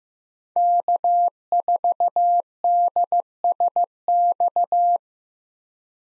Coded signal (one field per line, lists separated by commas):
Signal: Morse code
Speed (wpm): 15 wpm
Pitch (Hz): 700 Hz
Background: none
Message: K4DSX